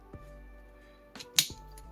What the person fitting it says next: oh did you hear that snap it's got a nice snap to it